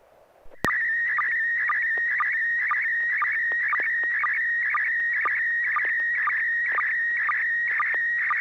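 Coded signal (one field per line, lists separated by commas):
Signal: SSTV (slow-scan television)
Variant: PD 120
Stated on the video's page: SSTV net on an FM repeater at 441.300 MHz.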